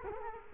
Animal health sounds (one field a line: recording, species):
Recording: mosquito wingbeat signal from an infrared sensor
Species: Culex quinquefasciatus